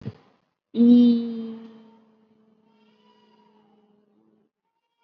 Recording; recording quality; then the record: sustained vowel as in beet; excellent, no background noise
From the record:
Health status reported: COVID-19 positive, mild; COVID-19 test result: positive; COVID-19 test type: RT-PCR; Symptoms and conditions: cough, cold, breathing difficulty, fever, fatigue, muscle pain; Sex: female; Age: 20 years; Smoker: no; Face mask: worn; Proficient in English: yes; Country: India